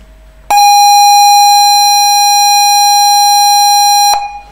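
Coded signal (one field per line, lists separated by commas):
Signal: ZX Spectrum tape loading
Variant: ZX Spectrum 48k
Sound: steady buzzy square-wave tone around 800 Hz lasting about 3.6 seconds, then stops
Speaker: This is the sound of a Spectrum game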